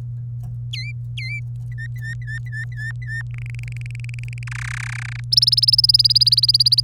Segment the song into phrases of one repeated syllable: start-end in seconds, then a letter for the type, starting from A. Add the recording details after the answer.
0.73-0.92 A, 1.17-1.40 A, 1.72-3.22 B, 3.34-4.43 C, 4.47-5.20 D, 5.32-6.80 E. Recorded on 26 April 2018 at 16:08. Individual llb3